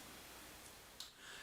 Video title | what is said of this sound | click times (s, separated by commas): Oliver Waddington: Computer Maintenance Assignment 1 | should go in and then you'll hear both Clips snap | 1.0 s